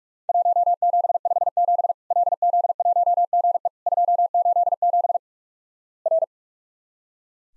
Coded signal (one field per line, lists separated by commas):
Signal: Morse code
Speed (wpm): 46 wpm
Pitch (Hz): 700 Hz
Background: none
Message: 1757 LZ1GE 287 R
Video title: Worked All Europe DX Contest QTC Exchange 45wpm